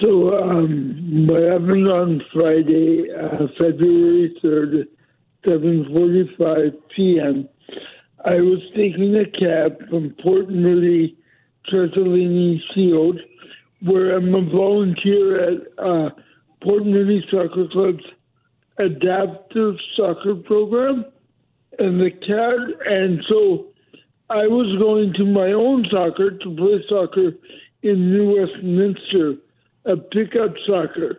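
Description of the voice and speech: An adult man with cerebral palsy speaks slowly over a narrow-band phone line, in short phrases broken by frequent pauses. His voice is fairly high, with nasal vowels, stretched sounds and some dropped or blurred consonants. The mild slurring is the dysarthria of cerebral palsy, a speech impediment that makes his voice even more heightened.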